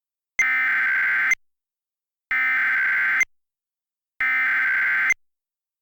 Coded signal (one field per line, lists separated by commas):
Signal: Emergency Alert System (SAME) tones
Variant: header bursts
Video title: Ring of Fire (EAS Scenario)